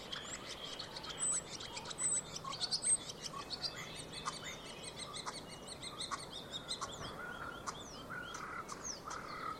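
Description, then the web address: Common starling calling: varied high whistles, dry clicks and quick descending notes mixed with a few lower rising whistles. "Deverinetal 2025. Bird Only"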